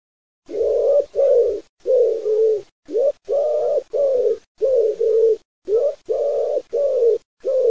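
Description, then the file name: Wood pigeon cooing: soft, low hooting notes in a steady rhythmic run of paired and single coos. "COLOMBACCIO"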